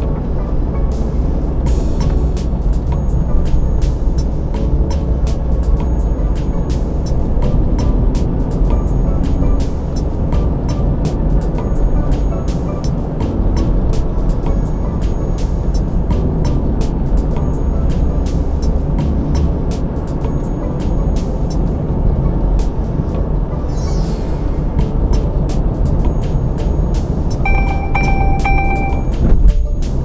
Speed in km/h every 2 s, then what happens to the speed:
47, 44, 44, 47, 50, 52, 53, 53, 50, 52, 52, 55, 55, 55, 47.
4-11 speeds up to 53. 11-26 steady at about 53. 26-30 slows to 47.